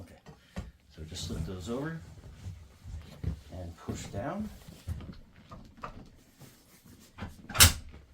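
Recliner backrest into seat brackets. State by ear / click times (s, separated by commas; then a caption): seated / 5.8 s. The backrest of a GarveeHome power recliner chair with heat and massage is slipped over the seat's metal brackets and pushed down until it locks, while someone talks. Soft shuffling and handling knocks are heard before a sharp click at 5.8 seconds as the backrest seats onto the brackets, followed by a louder thump near 7.5 seconds.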